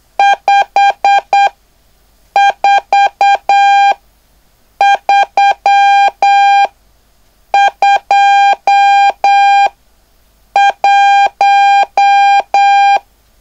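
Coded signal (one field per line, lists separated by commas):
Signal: Morse code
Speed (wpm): 8 wpm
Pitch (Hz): 800 Hz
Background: none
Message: 54321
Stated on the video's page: Beginner CW class practice on speed, noise and numbers.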